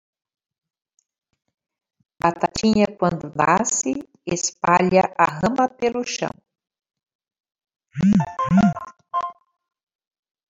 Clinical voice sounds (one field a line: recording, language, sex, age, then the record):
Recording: short text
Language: Brazilian Portuguese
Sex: female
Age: 60 to 69 years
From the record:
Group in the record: control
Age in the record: 63 years